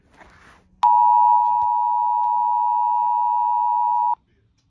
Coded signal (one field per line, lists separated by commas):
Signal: Emergency Alert System (SAME) tones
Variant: 853 and 960 Hz attention tone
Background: speech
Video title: When VDEM Forgets the RMT Message…EAS Tests From May 2, 2022